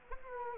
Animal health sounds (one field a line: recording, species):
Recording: mosquito wingbeat signal from an infrared sensor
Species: Anopheles arabiensis